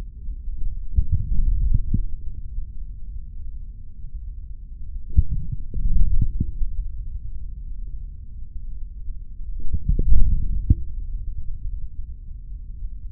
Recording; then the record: forearm muscle sounds (acoustic myography)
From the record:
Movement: hand closing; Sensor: system 3, bracelet of six PUI Audio POM-2738L microphones around the upper forearm, with dedicated amplification and filtering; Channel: 5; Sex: male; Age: 26 years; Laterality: right